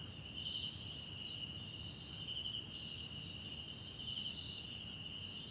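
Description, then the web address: Crickets keep up a ringing high trill, swelling into brighter pulsed chirps at uneven intervals, over a low, soft background hiss. South African crickets in the background at night in a wetland park at Kosi Forest Lodge, South Africa. "Tonschliff - SOUTH AFRICAN CRICKETS BG South Africa Wetland Park Kosi Forest Lodge Night"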